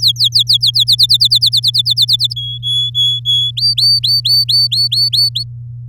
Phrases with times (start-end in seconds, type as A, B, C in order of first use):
0.00-0.84 A, 0.87-2.34 B, 2.36-3.51 C, 3.57-5.44 D